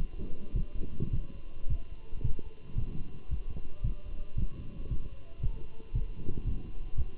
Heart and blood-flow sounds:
heart sounds by stethoscope; between the tricuspid and mitral areas; 112 bpm
0.56 s: heartbeat
1.13 s: heartbeat
1.70 s: heartbeat
2.24 s: heartbeat
2.78 s: heartbeat
3.31 s: heartbeat
3.84 s: heartbeat
4.38 s: heartbeat
4.91 s: heartbeat
5.43 s: heartbeat
5.95 s: heartbeat
6.47 s: heartbeat
6.98 s: heartbeat
From the record:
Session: walking at 3.7 km/h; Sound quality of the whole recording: good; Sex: male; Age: 27 years

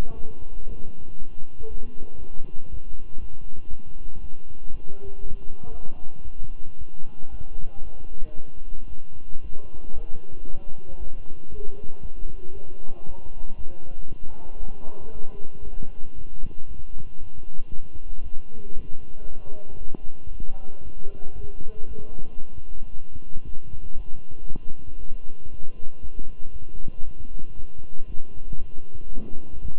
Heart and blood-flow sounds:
heart sounds by stethoscope; between the tricuspid and mitral areas; 116 bpm
0.16 s: heartbeat
0.67 s: heartbeat
1.18 s: heartbeat
1.68 s: heartbeat
2.19 s: heartbeat
2.70 s: heartbeat
3.20 s: heartbeat
3.70 s: heartbeat
4.20 s: heartbeat
4.70 s: heartbeat
5.21 s: heartbeat
5.72 s: heartbeat
6.24 s: heartbeat
6.77 s: heartbeat
7.30 s: heartbeat
7.83 s: heartbeat
8.36 s: heartbeat
8.89 s: heartbeat
9.42 s: heartbeat
9.94 s: heartbeat
10.46 s: heartbeat
10.99 s: heartbeat
11.50 s: heartbeat
12.02 s: heartbeat
12.53 s: heartbeat
13.05 s: heartbeat
13.56 s: heartbeat
14.08 s: heartbeat
14.60 s: heartbeat
15.12 s: heartbeat
15.63 s: heartbeat
16.15 s: heartbeat
16.67 s: heartbeat
17.19 s: heartbeat
17.70 s: heartbeat
18.22 s: heartbeat
18.75 s: heartbeat
19.27 s: heartbeat
19.79 s: heartbeat
20.31 s: heartbeat
20.83 s: heartbeat
21.36 s: heartbeat
21.87 s: heartbeat
22.39 s: heartbeat
22.92 s: heartbeat
23.45 s: heartbeat
23.96 s: heartbeat
24.47 s: heartbeat
24.99 s: heartbeat
25.50 s: heartbeat
26.01 s: heartbeat
26.52 s: heartbeat
27.03 s: heartbeat
27.55 s: heartbeat
28.06 s: heartbeat
28.57 s: heartbeat
29.09 s: heartbeat
29.61 s: heartbeat
From the record:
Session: walking at 3.7 km/h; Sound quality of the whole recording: good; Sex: male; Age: 23 years

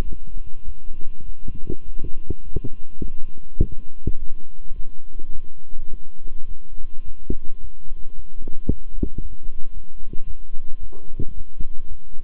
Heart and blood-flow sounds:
heart sounds by stethoscope; between the tricuspid and mitral areas; 106 bpm
0.03 s: heartbeat
0.64 s: heartbeat
1.24 s: heartbeat
1.84 s: heartbeat
2.43 s: heartbeat
3.02 s: heartbeat
3.59 s: heartbeat
4.17 s: heartbeat
4.74 s: heartbeat
5.31 s: heartbeat
5.89 s: heartbeat
6.47 s: heartbeat
7.04 s: heartbeat
7.60 s: heartbeat
8.15 s: heartbeat
8.68 s: heartbeat
9.20 s: heartbeat
9.72 s: heartbeat
10.25 s: heartbeat
10.79 s: heartbeat
11.33 s: heartbeat
11.87 s: heartbeat
From the record:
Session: walking at 3.7 km/h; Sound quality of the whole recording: good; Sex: male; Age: 26 years

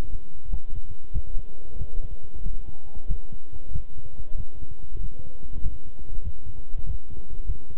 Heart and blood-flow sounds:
heart sounds by stethoscope; between the tricuspid and mitral areas; 95 bpm
0.48 s: heartbeat
1.11 s: heartbeat
1.76 s: heartbeat
2.41 s: heartbeat
3.06 s: heartbeat
3.71 s: heartbeat
4.35 s: heartbeat
4.99 s: heartbeat
5.60 s: heartbeat
6.22 s: heartbeat
6.84 s: heartbeat
7.44 s: heartbeat
From the record:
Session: walking at 3.7 km/h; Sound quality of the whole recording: good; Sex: male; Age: 26 years

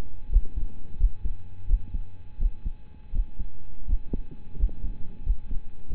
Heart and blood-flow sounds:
heart sounds by stethoscope; between the tricuspid and mitral areas; 86 bpm
0.29 s: heartbeat
0.97 s: heartbeat
1.66 s: heartbeat
2.38 s: heartbeat
3.11 s: heartbeat
3.85 s: heartbeat
4.56 s: heartbeat
5.23 s: heartbeat
5.87 s: heartbeat
From the record:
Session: rest, lying down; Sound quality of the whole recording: partially saturated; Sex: male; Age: 25 years

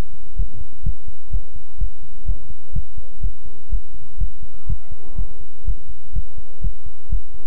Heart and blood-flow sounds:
heart sounds by stethoscope; between the tricuspid and mitral areas; 125 bpm
0.36 s: heartbeat
0.83 s: heartbeat
1.30 s: heartbeat
1.78 s: heartbeat
2.25 s: heartbeat
2.73 s: heartbeat
3.20 s: heartbeat
3.69 s: heartbeat
4.18 s: heartbeat
4.66 s: heartbeat
5.15 s: heartbeat
5.64 s: heartbeat
6.13 s: heartbeat
6.61 s: heartbeat
7.09 s: heartbeat
From the record:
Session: pedaling a stationary bicycle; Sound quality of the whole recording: good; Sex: male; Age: 24 years

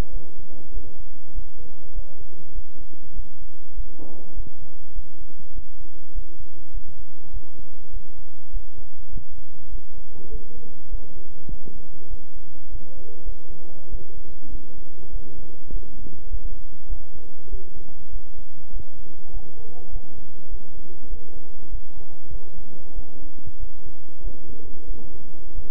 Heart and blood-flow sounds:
heart sounds by stethoscope; between the tricuspid and mitral areas; 99 bpm
0.11 s: heartbeat
0.72 s: heartbeat
1.33 s: heartbeat
1.93 s: heartbeat
2.53 s: heartbeat
3.14 s: heartbeat
3.75 s: heartbeat
4.34 s: heartbeat
4.94 s: heartbeat
5.53 s: heartbeat
6.13 s: heartbeat
6.72 s: heartbeat
7.32 s: heartbeat
7.91 s: heartbeat
8.51 s: heartbeat
9.10 s: heartbeat
9.70 s: heartbeat
10.30 s: heartbeat
10.89 s: heartbeat
11.48 s: heartbeat
12.09 s: heartbeat
12.70 s: heartbeat
13.23 s: heartbeat
13.89 s: heartbeat
14.50 s: heartbeat
15.11 s: heartbeat
15.71 s: heartbeat
16.29 s: heartbeat
16.87 s: heartbeat
17.49 s: heartbeat
18.11 s: heartbeat
18.71 s: heartbeat
19.31 s: heartbeat
19.90 s: heartbeat
20.49 s: heartbeat
21.08 s: heartbeat
21.70 s: heartbeat
22.30 s: heartbeat
22.94 s: heartbeat
23.58 s: heartbeat
24.22 s: heartbeat
24.86 s: heartbeat
25.53 s: heartbeat
From the record:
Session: bicycle stress test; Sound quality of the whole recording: good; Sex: male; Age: 26 years

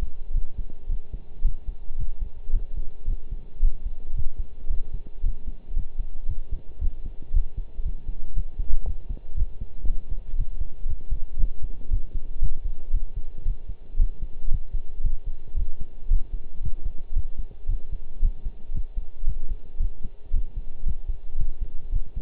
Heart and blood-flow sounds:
heart sounds by stethoscope; between the tricuspid and mitral areas; 114 bpm
0.34 s: heartbeat
0.89 s: heartbeat
1.44 s: heartbeat
1.98 s: heartbeat
2.53 s: heartbeat
3.07 s: heartbeat
3.62 s: heartbeat
4.16 s: heartbeat
4.69 s: heartbeat
5.23 s: heartbeat
5.76 s: heartbeat
6.28 s: heartbeat
6.80 s: heartbeat
7.34 s: heartbeat
7.85 s: heartbeat
8.35 s: heartbeat
8.86 s: heartbeat
9.37 s: heartbeat
9.87 s: heartbeat
10.38 s: heartbeat
10.88 s: heartbeat
11.39 s: heartbeat
11.90 s: heartbeat
12.41 s: heartbeat
12.93 s: heartbeat
13.45 s: heartbeat
13.99 s: heartbeat
14.51 s: heartbeat
15.03 s: heartbeat
15.56 s: heartbeat
16.10 s: heartbeat
16.63 s: heartbeat
17.15 s: heartbeat
17.68 s: heartbeat
18.22 s: heartbeat
18.74 s: heartbeat
19.27 s: heartbeat
19.80 s: heartbeat
20.33 s: heartbeat
20.86 s: heartbeat
21.38 s: heartbeat
21.92 s: heartbeat
From the record:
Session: pedaling a stationary bicycle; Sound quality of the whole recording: partially saturated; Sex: male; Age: 23 years

